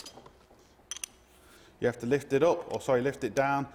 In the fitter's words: that actually locks into place so it can't come off and you have to physically slide that down again they